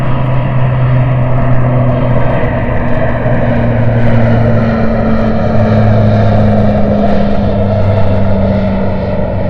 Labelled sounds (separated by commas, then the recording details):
wind, aircraft
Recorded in the Prudhoe Bay oil fields, Alaska, on 21 June 2019 at 10:45
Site 22